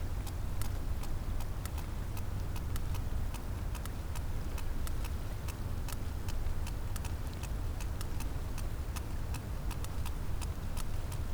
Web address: Physeter Macrocephalus cachalot